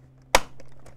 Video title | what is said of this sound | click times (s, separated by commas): How to - Check a Hozelock Cyprio Aquaforce Impeller (1000, 2500 & 4000) - Instructions | it firmly together and click | 0.3 s